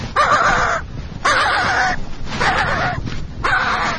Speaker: And this is what happens when you get too close to a skua nest.